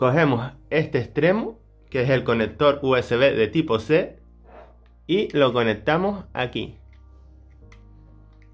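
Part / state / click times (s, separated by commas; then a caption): USB-C cable plug into webcam port / not seated / none. Someone talks while handling the USB-C end of the included cable at the port of a Logitech Brio webcam, with background music playing. A few faint short ticks follow near the end, but the plug has not clicked into the port or seated yet.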